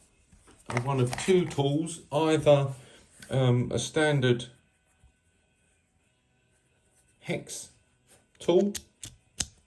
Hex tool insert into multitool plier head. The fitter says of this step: and that goes in locks in place gives you a very nice usable set of pliers a